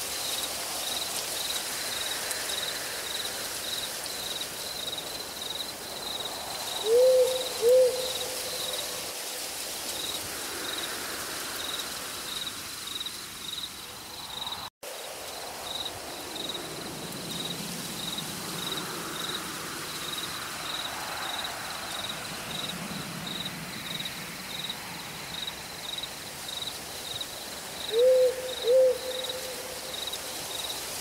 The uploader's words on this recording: Relaxing and soothing sounds of the forest at night. Sounds of Nature: wind in branches, crickets, owls, light rain, rustling leaves and more.